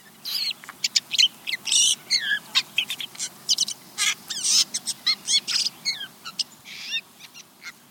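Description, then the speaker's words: Steller's Jay whisper song: a rambling, nearly continuous stream of varied high chirps, clicks, slurred whistles and short buzzy notes, separated by brief pauses. Soft song given by male jays during courtship; also given by solitary birds for no apparent reason. "Listen to this very different jay sound called the whisper song."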